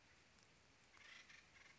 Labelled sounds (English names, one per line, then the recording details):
Acorn Woodpecker
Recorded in Sonoma County, California